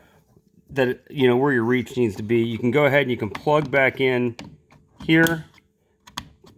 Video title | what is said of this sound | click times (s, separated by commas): VW MK7 Golf R Side Mirror Removal / Install | push the lock back in after you hear a click. All that should be good to go. | 6.2 s